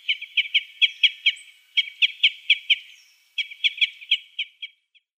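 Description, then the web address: Common crossbill calls: short, hard chip notes in three quick series separated by brief pauses. "Schulze Peter Common Crossbill calls"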